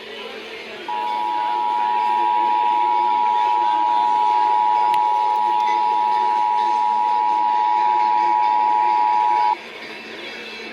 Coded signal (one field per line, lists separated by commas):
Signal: Emergency Alert System (SAME) tones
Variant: 853 and 960 Hz attention tone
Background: speech